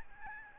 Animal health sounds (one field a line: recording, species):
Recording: mosquito wingbeat signal from an infrared sensor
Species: Aedes albopictus